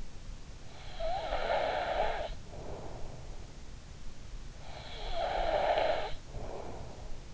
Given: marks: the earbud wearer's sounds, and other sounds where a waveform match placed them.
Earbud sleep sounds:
sounds in sleep by an in-ear microphone; snoring breath
0.76-3.60 s: snoring breath
4.69-7.26 s: snoring breath

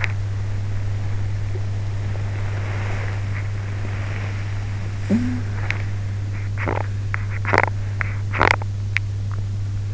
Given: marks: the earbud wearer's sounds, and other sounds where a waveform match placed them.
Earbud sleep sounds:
sounds in sleep by an in-ear microphone; teeth grinding, body movement, talking in sleep
0.00-0.35 s: teeth grinding
0.99-4.30 s: body movement
4.53-6.14 s: talking in sleep
6.28-9.82 s: teeth grinding

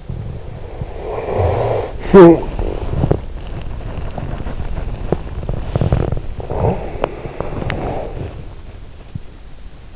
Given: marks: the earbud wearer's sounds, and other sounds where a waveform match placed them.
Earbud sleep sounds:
sounds in sleep by an in-ear microphone; breath, talking in sleep, body movement
0.00-1.92 s: breath
1.92-2.55 s: talking in sleep
2.58-8.97 s: body movement

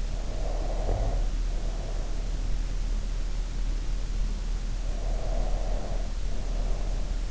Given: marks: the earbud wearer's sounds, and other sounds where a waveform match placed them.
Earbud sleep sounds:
sounds in sleep by an in-ear microphone; breath
0.33-2.24 s: breath
4.78-7.31 s: breath

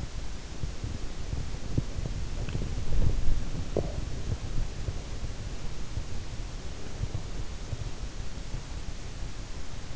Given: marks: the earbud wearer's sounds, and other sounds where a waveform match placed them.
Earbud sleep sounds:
sounds in sleep by an in-ear microphone; body movement
0.00-5.32 s: body movement

